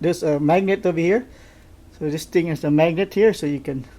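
A Jaybird Vista True Wireless earbud is handled near its plastic magnetic charging case, where a magnet pulls the earbud down into the charging slot. Someone talks throughout, with a short quiet pause in the middle. Nothing has seated or clicked yet.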